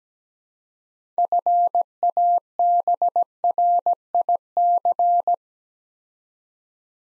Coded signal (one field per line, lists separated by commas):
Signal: Morse code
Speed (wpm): 17 wpm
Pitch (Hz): 700 Hz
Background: none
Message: FABRIC